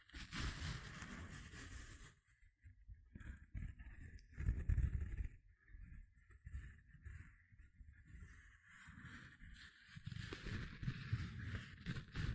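Gentle scratching sounds come in soft, irregular strokes, mostly dull and low with a fuzzy rumble. Brighter, hissy scraping shows up in the first two seconds and again around six and after ten seconds, while quieter gaps fall between the bursts.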